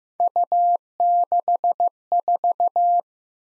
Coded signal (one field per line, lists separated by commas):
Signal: Morse code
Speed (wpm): 15 wpm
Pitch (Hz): 700 Hz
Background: none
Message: U64